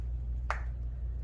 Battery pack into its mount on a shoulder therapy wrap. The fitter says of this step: you will hear an audible click at this point you can drape the shoulder wrap over the shoulder